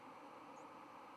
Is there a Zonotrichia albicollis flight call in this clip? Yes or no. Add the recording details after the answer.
no. Another species' flight call is heard. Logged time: 23:54 on 10 November 2014